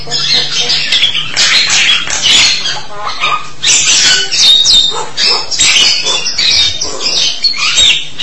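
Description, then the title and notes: Starling song: a dense run of harsh, scratchy chatter and squeaky notes, continuous throughout with brief whistled inserts. "suara burung jalak"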